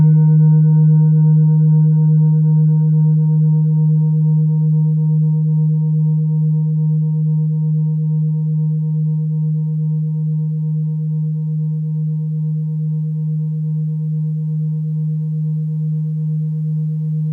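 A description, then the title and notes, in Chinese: A Tibetan singing bowl rings with a steady low hum, its deep main tone holding while fainter higher overtones shimmer above. The upper ring fades away within the first several seconds, and the sound slowly softens across the clip with a gentle, even wavering. 滿月頌缽。純西藏頌缽。Singing bowl。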